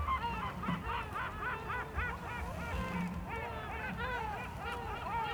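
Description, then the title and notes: Gulls calling in a busy chorus of harsh, arching squeals and yelps, many overlapping, with low rumbling wind noise underneath. Group of gulls circling and crying in the sky over a basin of the Grand Port of Aix-les-Bains, France, in a north wind. "70 Bd Robert Barrier, 73100 Aix-les-Bains, France - Goelands dans le vent. Au bord d'un bassin du Grand Port d'Aix-les-bains , le vent du Nord souffle et fait sonner les mats des bateaux en arrière plan , dans le ciel un groupe de goelands tournoie en criant"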